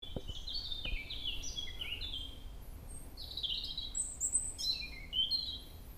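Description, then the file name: Common blackbird song: varied warbled phrases, some with thin high twittering notes, steady low background hum and noise. "merle"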